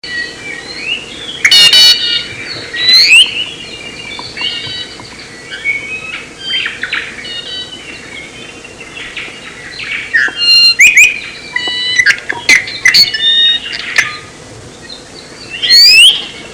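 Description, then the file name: ʻIʻiwi calls: squeaky, creaky notes and sharp clicks, some rising and some falling, given in scattered bursts with short gaps, over a low steady background hum. "Iiwi"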